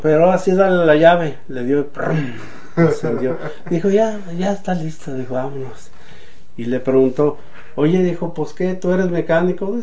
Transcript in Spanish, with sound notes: “Ahora sí dale a la llave”. Le dio y ¡prum!, encendió. (risas) Dijo: “Ya, ya está listo”, dijo, “vámonos”. Y le preguntó: “Oye”, dijo, “¿pos qué tú eres mecánico?”.